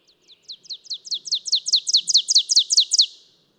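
Bird song: a rapid trill of many high, sharply descending notes, starting soft and swelling louder, then holding steady before stopping; no other sounds.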